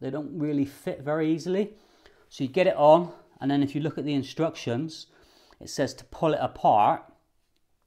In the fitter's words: it will snap into place, but it doesn't.